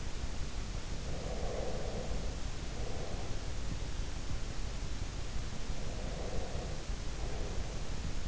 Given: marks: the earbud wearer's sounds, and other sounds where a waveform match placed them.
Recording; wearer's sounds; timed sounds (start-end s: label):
sounds in sleep by an in-ear microphone; breath
1.00-3.60 s: breath
5.68-8.28 s: breath